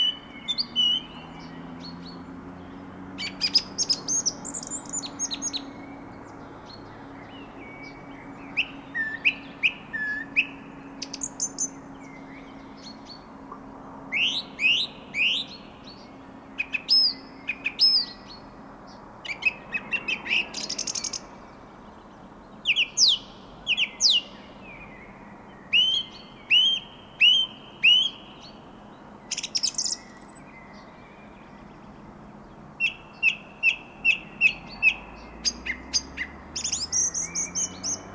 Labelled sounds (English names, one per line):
Song Thrush song